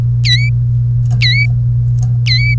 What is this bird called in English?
Domestic Canary